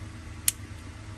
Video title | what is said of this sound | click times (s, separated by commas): VesselView Mobile App and Dongle Installation (by Mercruiser). | right snaps into place so Step One is done | 0.5 s